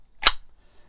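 A fixed-blade knife is pushed firmly into its retention sheath, which needs a lot of force to go in. It locks in with a single loud, sharp, broadband snap at 0.3 s. Only faint low rustle follows in the quiet that remains.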